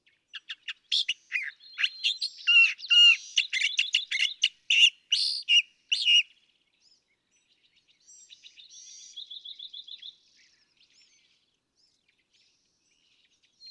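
California thrasher singing a loud, dense string of sharp varied notes for six seconds, followed by a softer buzzy trill and near silence.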